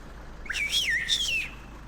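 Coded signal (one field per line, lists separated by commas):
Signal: whistled language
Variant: Turkish kuş dili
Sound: a loud human whistle gliding up and down in two phrases, about one second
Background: faint background hiss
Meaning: Calling Kerem by name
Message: Kereme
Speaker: Maintenant, si je vous disais le nom de quelqu'un ? Vous appelez Kereme là. Appelez Kereme.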